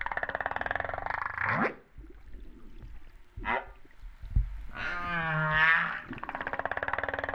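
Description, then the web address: Humpback whale vocal units: a buzzy pulsed moan ending in a rising sweep, a short upswept cry, then a wavering harmonic wail and another pulsed buzz. Recorded off Réunion on 13 September 2011, about 08:35. "autres sons cetaces BB Reunion 13-09-2011"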